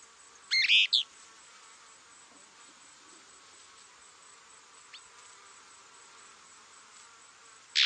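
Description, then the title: Plain-crested elaenia song: a short phrase near the start, a long quiet gap with one faint note, then another abrupt phrase begins at the very end. "LuckyPassaro Completos2Sama. Plain-crested Elaenia (Elaenia cristata)"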